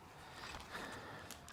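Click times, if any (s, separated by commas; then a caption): none. A plastic cover part of a cheap entry-level RC car is pressed by hand into the car's chassis, producing only quiet, low-level handling rustles with a few soft broadband scrapes around 0.5, 0.8 and 1.3 seconds. Nothing has seated or clicked yet: the part does not snap in and needs a screw to hold it instead.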